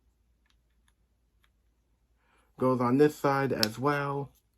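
A plastic snap-fit part of a YOLOPARK Transformers: Rise of the Beasts Scourge model kit robot figure is handled before being pressed into the figure's body, with a few faint handling ticks near 0.5, 0.9 and 1.4 seconds in near silence. Someone talks from about 2.6 to 4.3 seconds. Nothing has seated or clicked yet.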